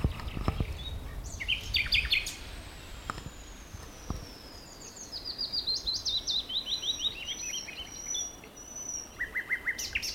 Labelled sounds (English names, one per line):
Common Nightingale